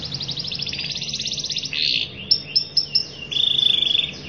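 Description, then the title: Canary song mixing a rapid trill, a short buzzy note, clipped whistles and a closing fast trill. Canary in long, lively continuous singing ('gacor panjang'), performing a fancy ('mewah') cengkok song-phrasing style. "Cengkok Kenari Mewah. Kenari gacor panjang"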